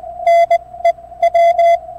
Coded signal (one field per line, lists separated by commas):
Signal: Morse code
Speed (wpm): 21 wpm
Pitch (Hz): 680 Hz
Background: none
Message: NEW